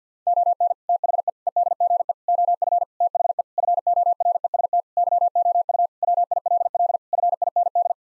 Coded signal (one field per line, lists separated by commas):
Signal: Morse code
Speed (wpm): 50 wpm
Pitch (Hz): 700 Hz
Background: none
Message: ON THE EDGE OF THE FOREST YOU WILL FIND